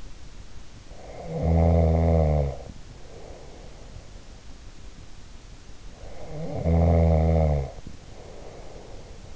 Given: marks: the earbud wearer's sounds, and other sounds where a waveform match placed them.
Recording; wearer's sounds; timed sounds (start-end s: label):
sounds in sleep by an in-ear microphone; snoring breath
0.87-4.18 s: snoring breath
5.92-9.35 s: snoring breath